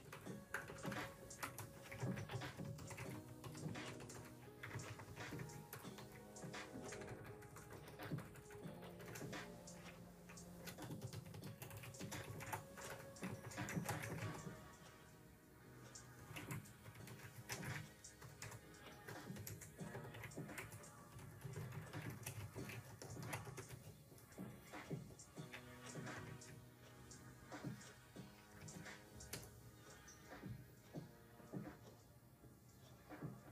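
A mellow lofi instrumental plays with soft, warm low tones and sustained melodic lines, dipping quieter around the fifteen-second mark before picking back up. Light clicking from a keyboard and small ticks run through it, steady.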